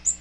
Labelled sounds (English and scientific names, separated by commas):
Magnolia Warbler (Setophaga magnolia) flight call